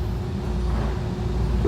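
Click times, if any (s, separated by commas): none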